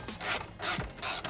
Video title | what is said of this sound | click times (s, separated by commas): 1jz 240sx Walbro 255 Fuel Pump Install AGAIN... | Oh yeah, just stripped that one. | 1.0 s